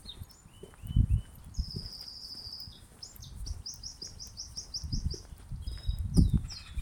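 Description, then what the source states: Bird calls: thin high notes, then a rapid run of short, evenly spaced whistled pips, with a few falling slurs at the end. Dull low thumps sound underneath. Unidentified mystery bird.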